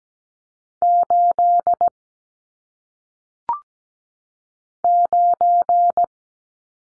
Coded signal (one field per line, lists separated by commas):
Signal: Morse code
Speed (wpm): 17 wpm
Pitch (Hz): 700 Hz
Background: none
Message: 8 9